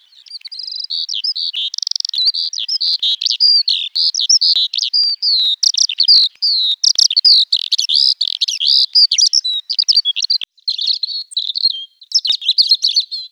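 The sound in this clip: Bird singing a long, fast, unbroken stream of high warbled whistles and chattering trills, notes bending up and down quickly, with brief pauses near the end.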